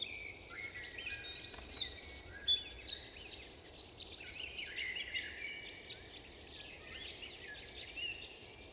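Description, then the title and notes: Eurasian wren pouring out a fast, loud sequence of trills and sharp notes for about five seconds, then quieter chirps over steady noise. Eurasian wren in forest at Val Maravel, 27 March 2020; vigorous, nervous song asserting its presence to potential rivals; recorded in stereo on Nagra Seven with MKH8040. "UN VENT DE TROGLODYTE. 27 mars 2020-Val Maravel - Nagra seven - stéréo - mkh8040 Un Troglodyte mignon (Troglodytes troglodytes) affirme par son chant vigoureux sa présence à tout concurrent potentiel.Chanteur de la forêt son chant nerveux est toujours impressionnant de puissance"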